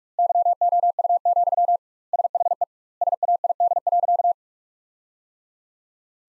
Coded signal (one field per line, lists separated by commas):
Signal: Morse code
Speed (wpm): 45 wpm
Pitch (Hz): 700 Hz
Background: none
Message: YOU, SHE SAID.